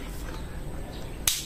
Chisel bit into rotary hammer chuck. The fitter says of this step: ayun naka-lock na po siya.